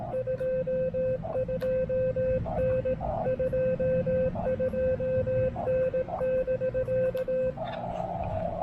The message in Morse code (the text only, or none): 22N 22N <BK>